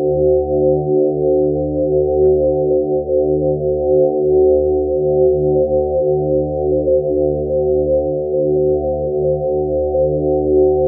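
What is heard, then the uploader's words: A hypnotic sustained tone hums steadily for the whole clip, low and full, with stacked layers and nothing above a moderate pitch. Slow pulsing ripples move through the lower layers every second or so, while the loudness stays even. Thirty Minute Drone. Hypnotic sustained tone.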